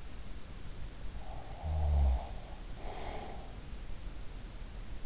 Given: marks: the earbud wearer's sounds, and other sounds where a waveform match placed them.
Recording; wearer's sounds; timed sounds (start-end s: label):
sounds in sleep by an in-ear microphone; snoring breath
0.98-3.95 s: snoring breath